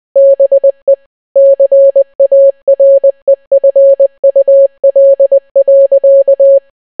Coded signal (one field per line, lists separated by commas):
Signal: Morse code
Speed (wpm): 20 wpm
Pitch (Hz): 550 Hz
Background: none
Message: BE CAREFUL.